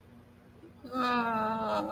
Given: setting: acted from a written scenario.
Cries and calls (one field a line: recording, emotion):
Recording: vocal sound without words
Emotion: sadness